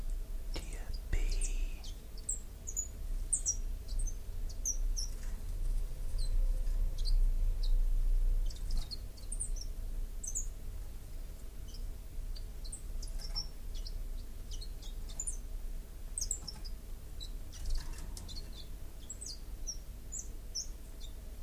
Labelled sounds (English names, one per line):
Common Chiffchaff song